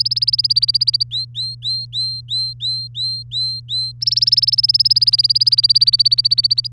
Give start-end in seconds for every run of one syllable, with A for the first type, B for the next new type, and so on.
0.00-1.03 A, 1.11-3.92 B, 4.01-6.67 A